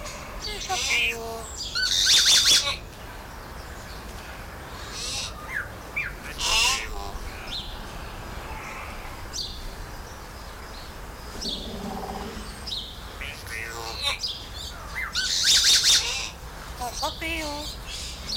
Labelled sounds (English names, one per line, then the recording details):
Common Hill Myna call
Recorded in captivity
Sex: diverse
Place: Zoo Halle, Sachsen-Anhalt, DE
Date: 1996-03-08 16:22
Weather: sonnig, 3°C
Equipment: Sony WM-D6C, Sennheiser ME 80, Kopie Uher 4000 Report Monitor
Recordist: Tembrock, Günter
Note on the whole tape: Mittlerer Beo (G.r.intermedia): mehrere Tiere mit diversen Lautformen, einer mit Sprachimitationen